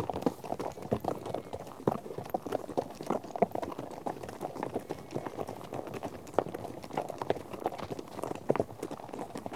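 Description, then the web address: Horse hoofbeats, a busy, irregular clatter of many hooves, with occasional louder knocks rising above the continuous trampling. Herd of horses out on trek. "BBC Sound Effects Library - Horses Herd of horses out on trek"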